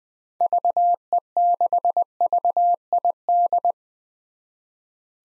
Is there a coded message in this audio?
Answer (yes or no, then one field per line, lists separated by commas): yes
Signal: Morse code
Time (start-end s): 0.4-3.7 s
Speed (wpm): 20 wpm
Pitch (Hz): 700 Hz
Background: none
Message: VE6VID